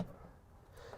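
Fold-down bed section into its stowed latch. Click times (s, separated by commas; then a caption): 0.0 s. A fold-down bed section in a 2022 Summit Longs Peak camper van is pushed up into its stowed latch, giving a single short tick at 0.0 s. A low, quiet background follows for the rest of the second. The bed section locks into place.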